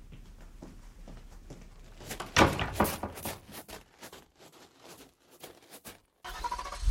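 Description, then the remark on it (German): A limousine's car door is opened by the driver with a sharp latch clunk and a burst of rattling clicks, followed by softer scuffs and shuffling, then a low steady hum near the end. “Der Fahrer huschte um die Limousine, öffnete die Tür.”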